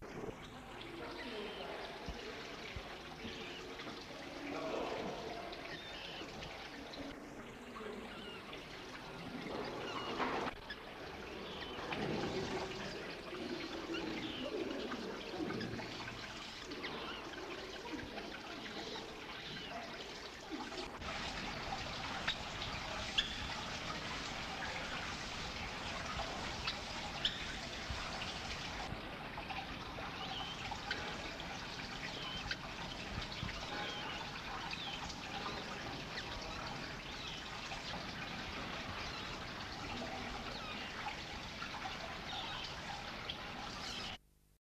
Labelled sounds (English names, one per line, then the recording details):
Black Crake begging call
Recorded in captivity
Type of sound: begging call
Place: Zoo Hannover, Niedersachsen, DE
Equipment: Halbspur, 9,5 cm/s
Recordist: Lütgens, Hans
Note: Bettellaute der kleineren Jungen